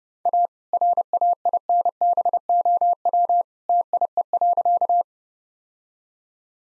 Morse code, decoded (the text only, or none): A RAINBOW TIE.